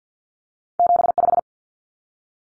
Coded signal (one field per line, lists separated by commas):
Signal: Morse code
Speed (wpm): 50 wpm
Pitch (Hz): 700 Hz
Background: none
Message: 75